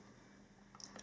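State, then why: Seated. A second nano SIM card, contacts up and cut corner aligned, is pushed into the SIM tray of a Huawei P40 (Pro) against a low steady background hum. A faint tap at 0.75 s is followed by a sharp, brief click at 0.8 s as the card seats in the tray, then one more light tick near 1.0 s.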